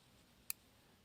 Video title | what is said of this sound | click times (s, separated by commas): Everything About Occam's Razor | you can see it snapped right into place and I listen so | 0.5 s